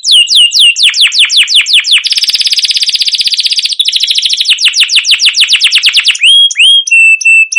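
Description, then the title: Canary singing continuously, fast trains of descending whistled notes alternating with a dense buzzy trill, ending in drawn-out sliding whistles. Long continuous chirping song, used as a lure to stimulate other canaries to sing. "CUIT CUIT NGEROL LANGSUNG GACOR PANJANG Kenari Ini Utk Pancingan KENARI"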